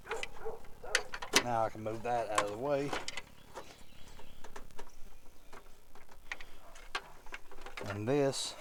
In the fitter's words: When it goes on, you'll hear it pop in place.